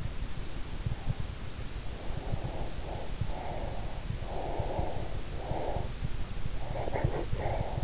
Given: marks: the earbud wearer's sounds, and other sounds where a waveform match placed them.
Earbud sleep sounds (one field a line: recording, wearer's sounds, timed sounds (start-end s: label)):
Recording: sounds in sleep by an in-ear microphone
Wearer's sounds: breath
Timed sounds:
1.79-4.11 s: breath
4.20-5.95 s: breath
6.77-7.84 s: breath